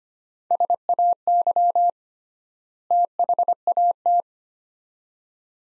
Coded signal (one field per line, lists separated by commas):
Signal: Morse code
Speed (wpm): 25 wpm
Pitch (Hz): 700 Hz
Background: none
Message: SAY THAT